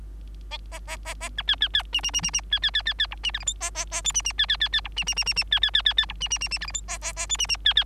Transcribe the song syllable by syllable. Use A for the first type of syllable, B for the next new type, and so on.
A A A A B C C C D D D D D C C C C C E D F G H A A A I D D C C C C E D D D D D C C C C C E D D D D F G H A A A I D D C C